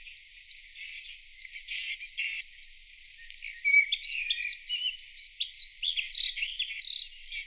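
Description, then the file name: Bluethroat song, a rapid string of repeated clear notes followed by varied chattering phrases and high repeated doublets. Played back. "Blaahals"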